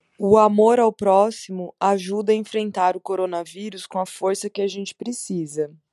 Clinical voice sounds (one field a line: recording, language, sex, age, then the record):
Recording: spoken sentence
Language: Brazilian Portuguese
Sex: female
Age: 30 to 39 years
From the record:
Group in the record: control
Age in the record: 33 years